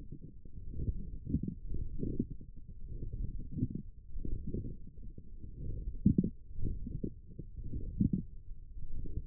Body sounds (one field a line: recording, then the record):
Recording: forearm muscle sounds (acoustic myography)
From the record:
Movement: forearm pronation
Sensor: system 1, eight BSWA MPA416 microphones around the upper forearm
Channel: 1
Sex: male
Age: 42 years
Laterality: right